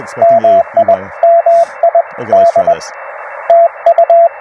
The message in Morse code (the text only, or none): MI MI D TU